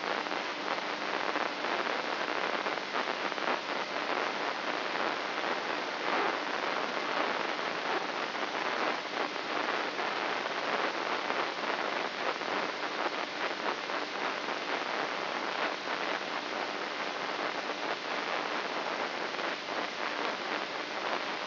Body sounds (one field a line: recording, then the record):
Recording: brain microelectrode recording played as sound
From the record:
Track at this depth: inside the subthalamic nucleus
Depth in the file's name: 4.018 mm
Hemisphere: left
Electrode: 3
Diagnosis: Parkinson's disease